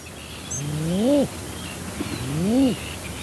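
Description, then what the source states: Common Eider courtship cooing, two short upward-swelling moans that drop off sharply, with faint high bird notes behind. Eiders, including drakes, communicating with each other.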